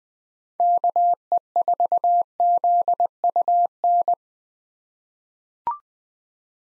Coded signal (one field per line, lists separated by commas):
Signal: Morse code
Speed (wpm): 21 wpm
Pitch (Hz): 700 Hz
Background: none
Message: KE4ZUN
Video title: 2023 POTA Hunter Call Signs - 20wpm